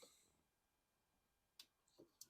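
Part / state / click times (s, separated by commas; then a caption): wiring harness connector on headlight bulb / released / 1.6 s, 2.2 s. A flat-head screwdriver pries up the locking clip on the plastic wiring harness connector of an old halogen headlight bulb on a 4th Gen Toyota 4Runner. After a quiet stretch, sharp clicks sound at 1.6 and 2.2 seconds with a softer thump just before the second. The clip comes loose so the connector can be pulled off the bulb.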